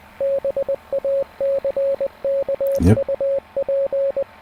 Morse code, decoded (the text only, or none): BACKUP